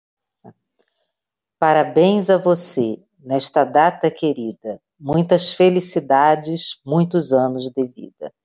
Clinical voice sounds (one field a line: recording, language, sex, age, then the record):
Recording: short text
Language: Brazilian Portuguese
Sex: female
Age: 50 to 59 years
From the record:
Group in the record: control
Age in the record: 58 years